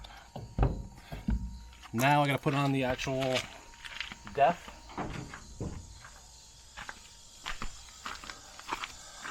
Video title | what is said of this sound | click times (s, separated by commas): Chevy Silverado 2019-newer gas door repair | Slides back on, clicks in place. | 0.6 s